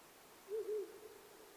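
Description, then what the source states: Owl giving two short low hoots close together, the second a little longer, trailing off into faint hiss. Recorded 9 May 2009 at 19:10.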